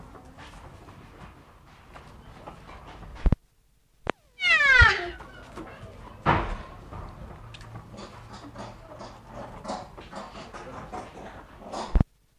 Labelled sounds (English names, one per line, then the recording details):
Clouded Leopard
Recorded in captivity
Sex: male
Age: adult
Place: Tierpark Berlin, Berlin, DE
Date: 1960-03-26 14:00
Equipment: Reporter (Vollspur)
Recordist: Tembrock, Günter